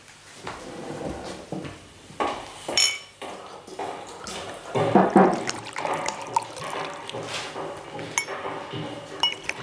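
Glasses clink and rattle while whisky is poured, with a brief gurgling burst midway and scattered sharp chinks of glass on glass throughout. No one speaks.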